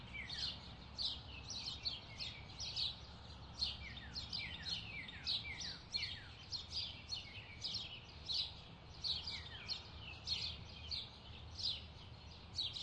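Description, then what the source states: Many birds chirp together, bright short descending tweets crowding one another throughout, with faint low background hum. Bird chirping ambience.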